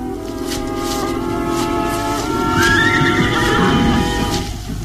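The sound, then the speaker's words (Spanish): A horse hitched with others to a rustic cart whinnies in a long, wavering high-pitched call that rises and falls, over a steady low rumble and faint clattering, with no voices present. “Se apartan de la solitaria tumba con una rústica cruz clavada, rumbo al sitio donde el pequeño Solín hábilmente ha enganchado los caballos a una rústica carretela.”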